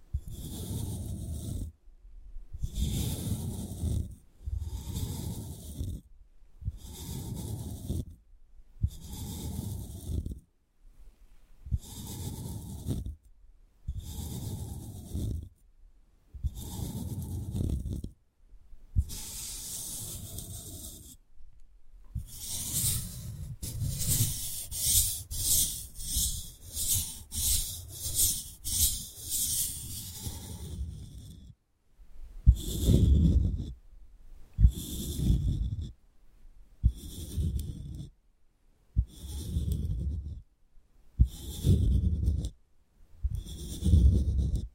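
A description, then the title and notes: Ear picking with props in rhythmic scratchy strokes every couple of seconds, quickening into a dense rapid flurry midway, then sharper spaced taps. 3D panoramic ear picking with various props.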